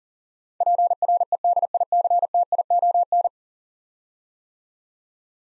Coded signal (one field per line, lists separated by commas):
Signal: Morse code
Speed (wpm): 44 wpm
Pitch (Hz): 700 Hz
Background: none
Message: PREDICTION